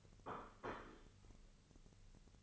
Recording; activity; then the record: daily activity, microphone in the room; place plate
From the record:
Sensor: 4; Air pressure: 1008.3 hPa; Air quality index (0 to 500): 81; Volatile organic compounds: 1 ppm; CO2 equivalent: 649 ppm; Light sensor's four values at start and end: 14/31/12/12 and 13/31/12/12